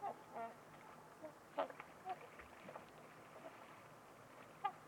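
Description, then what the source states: Trumpeter swans give a loose series of nasal, horn-like honks spread irregularly over a steady soft hiss. Trumpeter swans at Winters Lake in a deep valley on a winter's eve; otherwise silent, with distant white noise.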